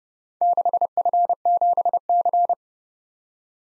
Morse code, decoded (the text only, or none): 6F7C